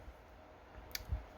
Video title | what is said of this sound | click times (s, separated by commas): 1978 Corvette Indy Pace Car Buddy Build with KH Model Works! | The interior bucket actually clicks in place with a couple little locator pins there, | 1.0 s